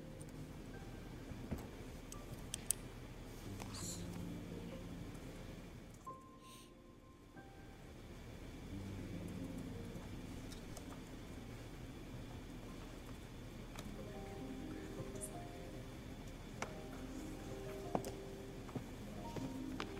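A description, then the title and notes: Steady low murmur of voices and activity in the Yale library, with occasional sharp clicks and thumps and a brief quieter dip near seven seconds. Study with me at hogwarts (aka the yale library!).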